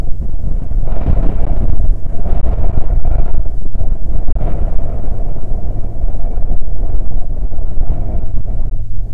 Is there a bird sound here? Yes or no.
yes